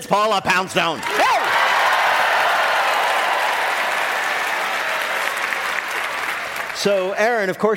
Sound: applause

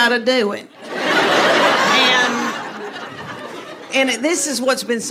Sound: laughter

